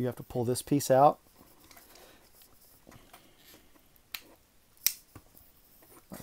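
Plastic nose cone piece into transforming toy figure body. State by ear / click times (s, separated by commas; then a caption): seated / 4.1 s, 4.9 s. A plastic nose cone piece on a transforming robot toy figure (Yes-Model YM-01, a knock-off of Masterpiece MP-11SW Skywarp) is pulled out and pressed into the body as someone talks at the start. After a stretch of faint handling rustle, two sharp plastic clicks ring out at 4.2 s and 4.9 s. The piece seats firmly to form the nose cone.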